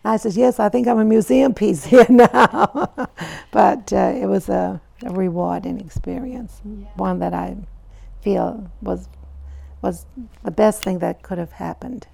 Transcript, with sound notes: I says, "Yes, I think I'm a museum piece here now." (she laughs) But it was a rewarding experience.
Yeah.
One that I feel was -- was the best thing that could have happened.